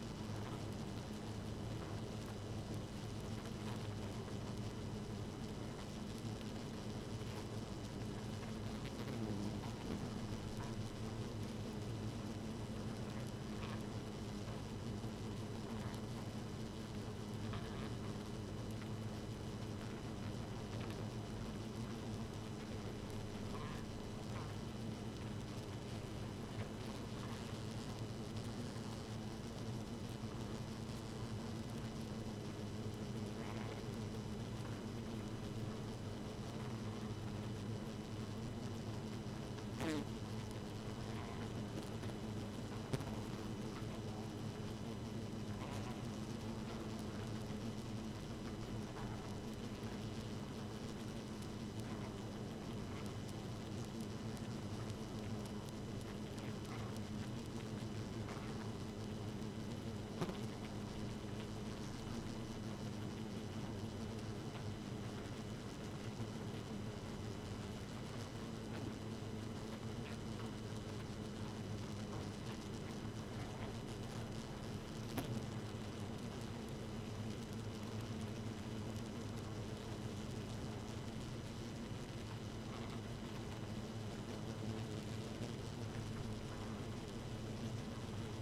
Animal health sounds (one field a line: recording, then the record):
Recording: honeybee colony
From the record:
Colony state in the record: active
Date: 12 June 2018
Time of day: 0:06